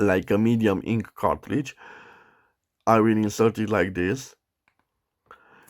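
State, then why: Seated. A medium-length black ink cartridge is pushed into the section of a KAIYUE STATIONARY 5808 fountain pen while someone talks. After a short pause, the cartridge is pierced and clicks in at 5.3 s, seating it.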